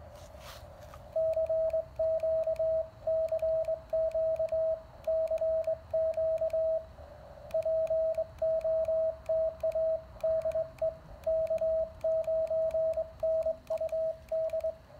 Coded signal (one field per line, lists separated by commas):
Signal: Morse code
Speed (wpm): 21 wpm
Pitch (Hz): 660 Hz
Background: radio noise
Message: CQ CQ CQ POTA DE K9NUD